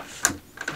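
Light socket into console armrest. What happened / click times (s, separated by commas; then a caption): The bulb socket twisted and locked in place / 0.2 s. A light bulb socket is put into the center console armrest of a 350Z and turned until it twist-locks in with a sharp click at 0.3 s. Two softer clicks follow at about 0.6 and 0.7 s, and the socket is seated.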